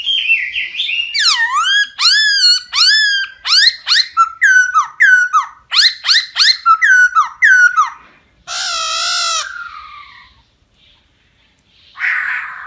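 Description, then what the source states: Laughingthrush song with descending buzzy notes, then a rapid string of clear whistled slurs, a harsh rasping burst and a final scratchy note. Song in the 'wild voice' (giọng rừng) style.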